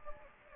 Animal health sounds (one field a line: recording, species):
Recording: mosquito wingbeat signal from an infrared sensor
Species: Anopheles gambiae